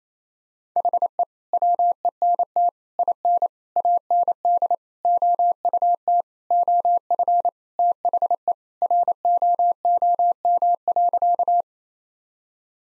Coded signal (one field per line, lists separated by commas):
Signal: Morse code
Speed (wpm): 27 wpm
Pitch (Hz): 700 Hz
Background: none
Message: HE WENT IN AND OUT OF THE ROOM.